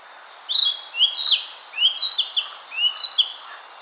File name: Ficedula narcissina